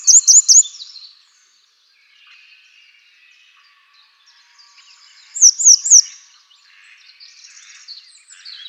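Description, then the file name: Grey wagtail: two bursts of three sharp, high-pitched call notes about five seconds apart, with faint twittering of other birds between and after. Nominate subspecies Motacilla cinerea cinerea. "Grote Gele Kwikstaart Motacilla cinerea cinerea"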